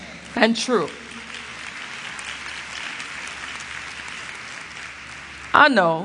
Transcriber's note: applause